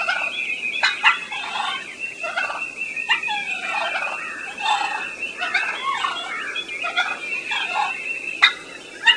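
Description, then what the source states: Turkey giving scattered sharp clucks, roughly one to two per second, mixed with rolling purr phrases between them. Calls given are clucks and purrs.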